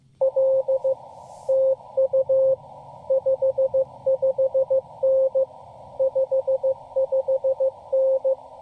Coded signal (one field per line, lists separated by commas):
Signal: Morse code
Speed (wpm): 17 wpm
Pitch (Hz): 530 Hz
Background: radio noise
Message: L TU 55N 55N